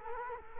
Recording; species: mosquito wingbeat signal from an infrared sensor; Culex quinquefasciatus